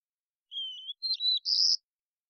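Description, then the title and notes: White-crowned sparrow song fragment: a steady whistled note, then a brief warbled phrase and a high buzzy trill. Probably an immature bird learning the song or experimenting with variation; Pacific Northwest, Washington, United States; parabolic recording, clean-processed, natural pace kept. "BIRDSong New World Sparrows - WhiteCrowned Sparrow Immature. White-crowned Sparrow, Zonotrichia leucophrys, Songs and Calls, probably an immature bird learning the song or experimenting with variation. Recorded in the beautiful Pacific Northwest, Washington, United States"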